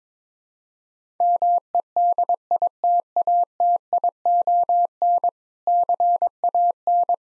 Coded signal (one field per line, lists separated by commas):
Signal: Morse code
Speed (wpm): 22 wpm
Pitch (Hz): 700 Hz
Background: none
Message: MEDITATION CAN